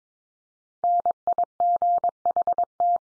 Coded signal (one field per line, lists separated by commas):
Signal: Morse code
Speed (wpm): 22 wpm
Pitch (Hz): 700 Hz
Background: none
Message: NIGHT